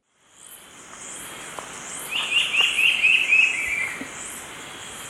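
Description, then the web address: Brown-billed scythebill song: a short, rapid run of wavering whistled notes lasting about a second and a half, over a steady high insect buzz. Recorded in Ecuador. "S America Birds of Ecuador. Brown-billed Scythebill"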